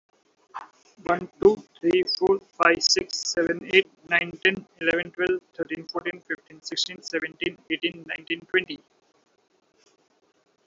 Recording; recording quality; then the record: counting at a fast pace; excellent, no background noise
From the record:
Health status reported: healthy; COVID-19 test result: not tested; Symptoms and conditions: none ticked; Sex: male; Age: 39 years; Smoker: not ticked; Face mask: worn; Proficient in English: yes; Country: India